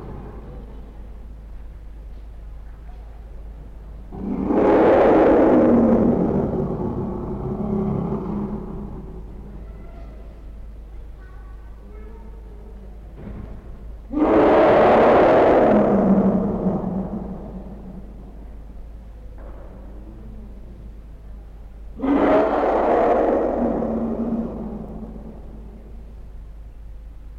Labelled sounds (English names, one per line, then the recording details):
Asian Elephant call
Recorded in captivity
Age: juvenile
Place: Zoo Berlin, Berlin, DE
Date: 1961-02-25 13:30
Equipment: Minifon, Kopie Smaragd
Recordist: Tembrock, Günter